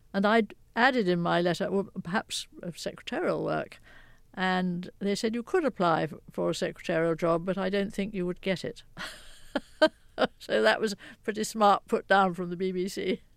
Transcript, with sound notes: And I'd added in my letter, well, perhaps secretarial work. And they said, you could apply for a secretarial job, but I don't think you would get it (laughter). So that was a pretty smart put-down from the BBC.